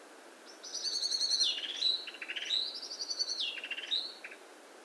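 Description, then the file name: Common blackbird vocalising: two short phrases of high, ringing, slurred notes mixed with rapid buzzy, rattling segments, separated by a brief pause, against a quiet background. "Turdus merula"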